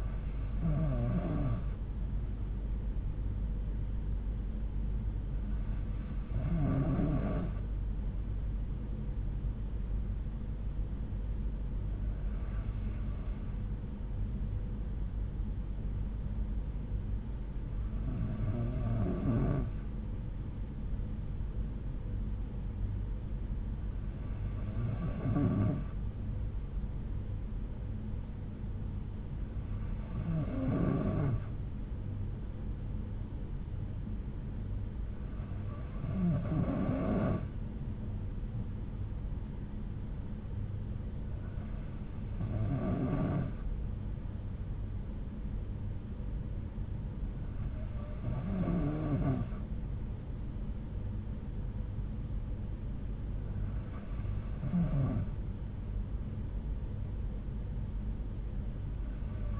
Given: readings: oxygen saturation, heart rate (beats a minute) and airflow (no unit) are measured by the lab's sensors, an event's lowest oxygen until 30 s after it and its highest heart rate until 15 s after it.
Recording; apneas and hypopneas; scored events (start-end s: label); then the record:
breathing in sleep by a smartphone at the bedside; none
none scored
From the record:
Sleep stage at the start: N3 (deep sleep); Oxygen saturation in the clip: 92 to 93%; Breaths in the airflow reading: 10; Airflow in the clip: -6.0 to 4.0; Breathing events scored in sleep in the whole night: 368 in 8.0 hours asleep